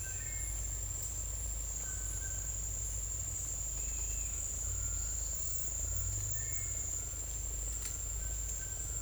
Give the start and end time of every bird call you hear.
0.03s-0.51s: bird call
1.79s-2.43s: bird call
5.56s-6.13s: bird call
8.16s-9.01s: bird call

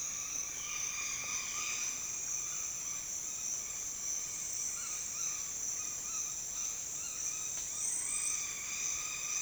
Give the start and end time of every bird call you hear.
0.00s-1.93s: bird call
4.61s-9.41s: bird call

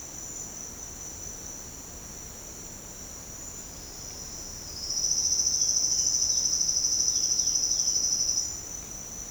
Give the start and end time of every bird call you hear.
5.99s-8.03s: bird call

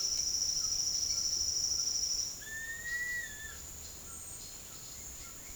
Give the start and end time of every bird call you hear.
2.41s-3.57s: bird call

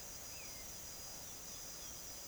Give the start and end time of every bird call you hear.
0.24s-0.67s: bird call
1.18s-2.27s: bird call

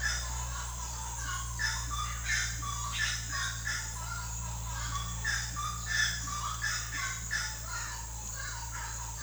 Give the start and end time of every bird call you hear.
1.06s-9.22s: bird call

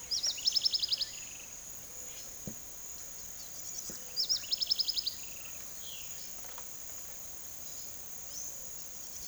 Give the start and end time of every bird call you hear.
0.00s-1.59s: bird call
3.24s-6.15s: bird call
8.24s-8.48s: bird call

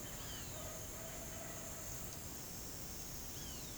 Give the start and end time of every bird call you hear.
0.16s-0.74s: bird call
3.34s-3.77s: bird call

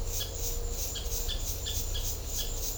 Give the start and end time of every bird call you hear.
0.18s-0.26s: bird call
0.93s-2.01s: bird call
2.33s-2.48s: bird call

